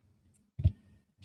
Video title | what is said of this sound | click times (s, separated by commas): Sunday Sale! #blueledgerpaper #soldierletters #oldgreetingcards #lace #destash | then it just snaps in place. | 0.7 s